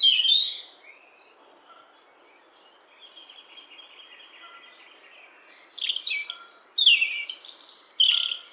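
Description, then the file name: European robin singing: a brief high squeaky note, a long near-silent pause, then a fast tumbling series of high, thin, sliding notes. "Erithacus rubecula"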